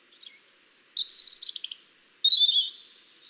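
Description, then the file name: European robin singing thin, high, drawn-out whistles mixed with rapid liquid twittering notes in a fluid, varied phrase. "Erithacus rubecula"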